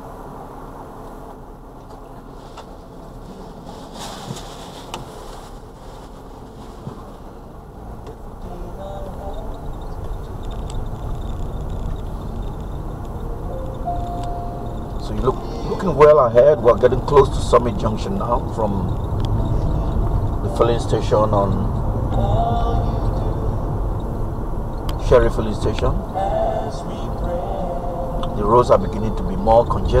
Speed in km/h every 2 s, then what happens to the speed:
0, 0, 0, 2, 11, 24, 34, 40, 47, 50, 50, 52, 52, 52, 52.
0-6 standing. 6-16 pulls away to 47. 16-30 steady at about 52.